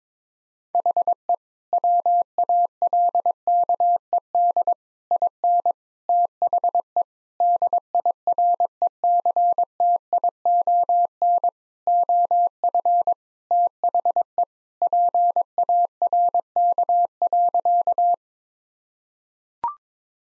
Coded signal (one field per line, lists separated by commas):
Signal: Morse code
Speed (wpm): 22 wpm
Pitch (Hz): 700 Hz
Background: none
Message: HE WALKED IN THE DIRECTION OF THE PARK.